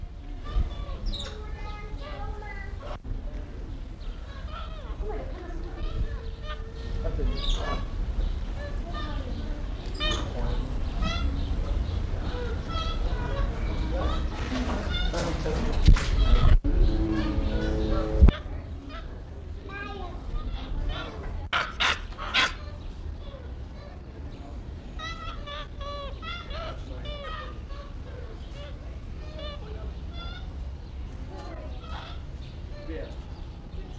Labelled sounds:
Weeper Capuchin (Cebus olivaceus)
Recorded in captivity
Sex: group
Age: diverse
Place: Zoo Berlin, Berlin, DE
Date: 1994-08-06 13:46
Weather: wolkig bis heiter, 24-28°C
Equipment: Marantz CP 430, Sennheiser ME 80, Kopie Uher Variocord 263
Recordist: Tembrock, Günter

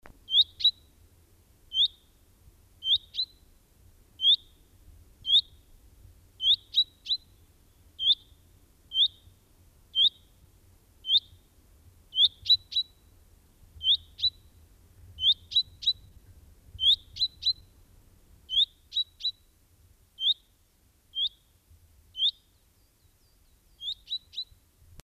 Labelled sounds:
Common Chaffinch (Fringilla coelebs) call
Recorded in the wild
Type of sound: call
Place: Ehrwald, Tirol, AT
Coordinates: 47.4, 10.9183
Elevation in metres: 980
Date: 1968-04-17
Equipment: 19 cm Halbspur
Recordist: Tretzel, Erwin
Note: Ehrwald: Rufe "hüit-pink"

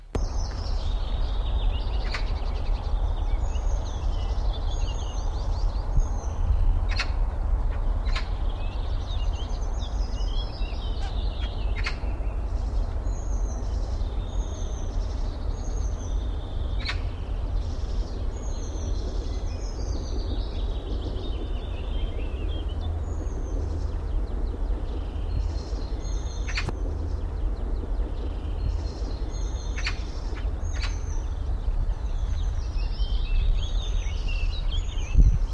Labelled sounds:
Willow Warbler (Phylloscopus trochilus)
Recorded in the wild
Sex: male
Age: adult
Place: Karower Teiche, Naturpark Barnim, Berlin, DE
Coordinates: 52.62, 13.46
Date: 1994-04-24
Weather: heiter-wolkig, 16-20°C
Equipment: Marantz CP 430, Sennheiser ME 80, Kopie Uher Variocord 263
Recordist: Tembrock, Günter

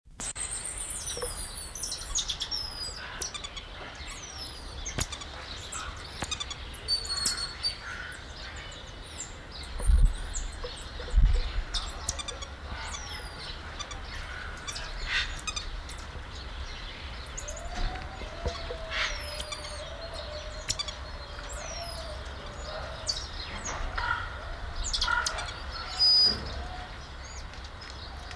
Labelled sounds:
Common Marmoset (Callithrix jacchus) call
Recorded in captivity
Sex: group
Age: diverse
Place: Zoo Magdeburg, Sachsen-Anhalt, DE
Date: 1995-04-05
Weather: heiter, 8°C
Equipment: Marantz CP 430, Sennheiser ME 80, Kopie Uher Variocord 263
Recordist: Tembrock, Günter

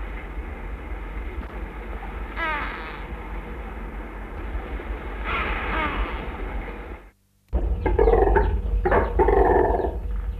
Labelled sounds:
Lesser Flamingo (Phoeniconaias minor) call
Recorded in captivity
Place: Zoo Berlin, Berlin, DE
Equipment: Halbspur, 9,5 cm/s
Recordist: Lütgens, Hans

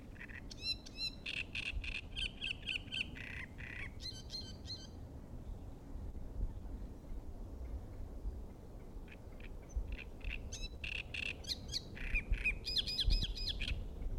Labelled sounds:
Great Reed Warbler (Acrocephalus arundinaceus)
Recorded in the wild
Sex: male
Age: adult
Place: Müggelsee, Berlin, DE
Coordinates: 52.44, 13.64
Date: 1991-05-12
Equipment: Uher 4400 Report Monitor, Sennheiser ME 80, K 30 AV
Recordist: Fischer, Stefan
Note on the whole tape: Bestand 12: unmarkiertes Männchen - Gesang - z.T. 2 Vögel - 35 Strophen

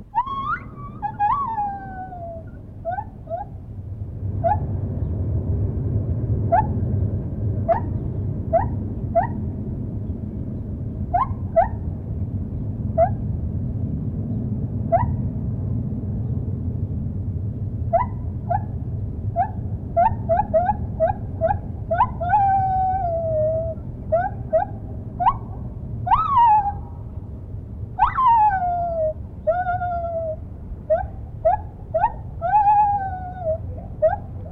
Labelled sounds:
Lar Gibbon (Hylobates lar)
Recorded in captivity
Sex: diverse
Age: adult
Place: Tierpark Berlin, Berlin, DE
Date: 1975-12-26
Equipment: Uher CR 210, Verstärker, Sennheiser MD 421 HL, Kopie Uher Variocord
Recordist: Tembrock, Günter

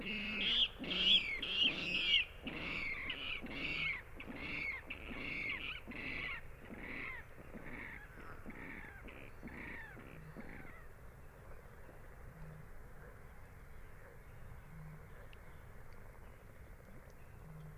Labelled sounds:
Water Rail (Rallus aquaticus)
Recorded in the wild
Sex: male
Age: adult
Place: Kützerhof, Kummerower See, Mecklenburg-Vorpommern, DE
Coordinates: 53.8494, 12.86
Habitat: wetland
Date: 2008-05-14 23:42
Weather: klare Nacht, zunehmender Halbmond, 10°C, windstill
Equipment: Sound Devices 702, Sennheiser MKH 70, Windkorb
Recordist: Frommolt, Karl-Heinz

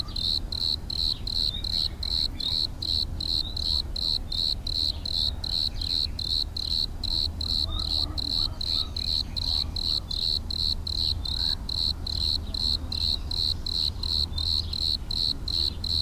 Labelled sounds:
Bordeaux Cricket (Eumodicogryllus bordigalensis) stridulation
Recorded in the wild
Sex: male
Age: imago
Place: Arles, Provence, Provence-Alpes-Côte d'Azur, FR
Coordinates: 43.6517, 4.62833
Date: 1994-05-17
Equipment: Sony TCD-D3, 2 Sennheiser MKE 2 in Doppelreflektoren (Eigenbau)
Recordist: Krey, Winfried

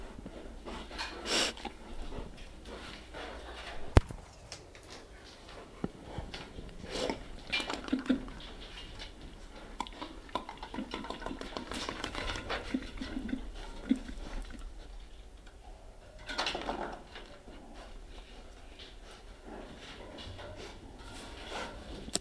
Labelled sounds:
Sun Bear (Helarctos malayanus) call
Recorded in captivity
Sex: pair
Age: adult
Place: Tierpark Berlin, Berlin, DE
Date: 1968-01-07
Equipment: R 20/1, Sennheiser MD 421
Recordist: Tembrock, Günter

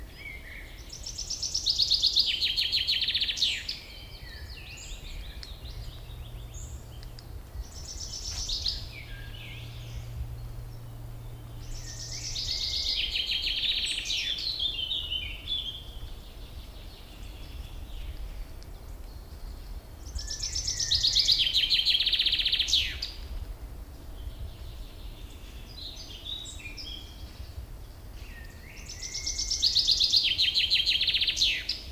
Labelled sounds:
Common Chaffinch (Fringilla coelebs) song
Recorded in the wild
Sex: male
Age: adult
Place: Briesetal, Brandenburg, DE
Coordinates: 52.6833, 13.2667
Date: 1997-05-17 19:05
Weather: sunny, 25°C
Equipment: Sony MD-WM MZ-R3, Sennheiser MKH 416 T, Kopie Uher 4000 Report Monitor
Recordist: Tembrock, Günter

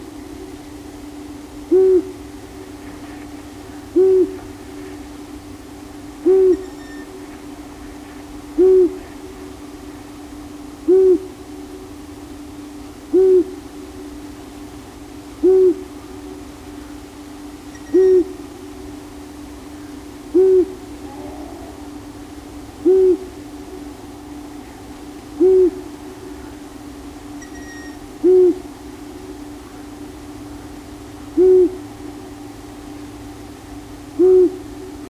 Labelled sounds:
Long-eared Owl (Asio otus) song
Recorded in the wild
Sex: male
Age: adult
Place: Rötlen, Baden-Württemberg, DE
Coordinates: 48.9664, 10.2194
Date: 1971-05-09
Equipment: Uher Report 4200, Scotch-Classic 19cm, AKG D190C in Doppelparabolreflektoren
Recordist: Krey, Winfried

